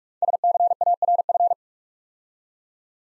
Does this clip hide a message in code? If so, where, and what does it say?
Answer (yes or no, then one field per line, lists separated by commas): yes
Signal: Morse code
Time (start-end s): 0.2-1.5 s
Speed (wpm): 42 wpm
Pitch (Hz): 700 Hz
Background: none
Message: SCARF